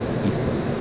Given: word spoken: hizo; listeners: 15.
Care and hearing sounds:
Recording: one Spanish word in noise, from a listening test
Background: speech-shaped noise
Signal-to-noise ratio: -4.8 dB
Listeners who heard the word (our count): 0 of 15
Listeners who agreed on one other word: 6 of 15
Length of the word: 0.41 s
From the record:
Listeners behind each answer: 6, 3, 1, 1, 1, 1, 1, 1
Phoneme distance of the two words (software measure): 10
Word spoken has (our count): 2 syllables, 3 phonemes, stress on syllable 1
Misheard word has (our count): 2 syllables, 3 phonemes, stress on syllable 1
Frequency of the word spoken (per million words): 325.99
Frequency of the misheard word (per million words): 198.59

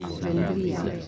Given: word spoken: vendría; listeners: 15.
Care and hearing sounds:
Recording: one Spanish word in noise, from a listening test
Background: eight-talker babble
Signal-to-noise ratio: 0.8 dB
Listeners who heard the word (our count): 1 of 15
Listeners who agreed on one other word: 8 of 15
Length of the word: 0.68 s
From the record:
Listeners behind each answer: 8, 2, 1, 1, 1, 1, 1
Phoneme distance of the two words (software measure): 10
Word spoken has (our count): 3 syllables, 7 phonemes, stress on syllable 2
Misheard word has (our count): 3 syllables, 7 phonemes, stress on syllable 2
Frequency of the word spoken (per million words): 9.02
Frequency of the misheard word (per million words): 58.33

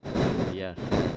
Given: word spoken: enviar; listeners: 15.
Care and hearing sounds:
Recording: one Spanish word in noise, from a listening test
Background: noise modulated by one talker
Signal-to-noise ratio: -8.3 dB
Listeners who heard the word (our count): 0 of 15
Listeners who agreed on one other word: 8 of 15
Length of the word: 0.77 s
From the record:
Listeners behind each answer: 8, 2, 1, 1, 1, 1, 1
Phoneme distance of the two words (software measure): 27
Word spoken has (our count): 2 syllables, 6 phonemes, stress on syllable 2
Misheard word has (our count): 2 syllables, 7 phonemes, stress on syllable 2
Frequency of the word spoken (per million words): 20.98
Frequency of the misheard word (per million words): 13.31

